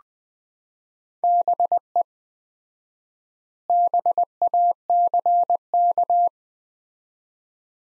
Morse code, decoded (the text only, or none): BE BACK